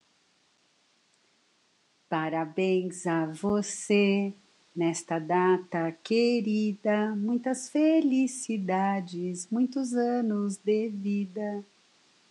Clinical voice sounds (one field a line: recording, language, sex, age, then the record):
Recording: short text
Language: Brazilian Portuguese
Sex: female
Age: 50 to 59 years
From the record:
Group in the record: control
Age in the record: 55 years